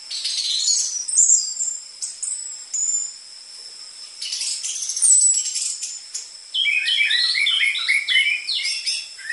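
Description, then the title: Orange-headed thrush song: high whistled slurs, then bursts of rapid, varied warbled notes, over a steady shrill background tone. Lure for caged birds: prolific singing with dense filler material, meant as a tutor for the spotted 'trotol' type of orange-headed thrush. "PANCINGAN Anis Merah Gacor Materi Isian Rapat Cocok Untuk MASTERAN Anis Merah TROTOL"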